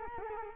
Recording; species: mosquito wingbeat signal from an infrared sensor; Culex quinquefasciatus